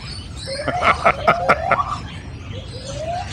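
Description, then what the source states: Lyrebird mimicry: a buzzy, pulsed, alarm-like phrase with a rising tone, followed by a later rising whistled note over steady hiss. Lyrebird at a zoo in Australia copied the recorded "evacuate now" alarm played during an animal escape, saying "evacuate now" in an Australian accent.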